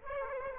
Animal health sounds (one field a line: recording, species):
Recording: mosquito wingbeat signal from an infrared sensor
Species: Aedes aegypti